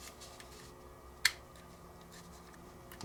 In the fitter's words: pretty well snaps into place and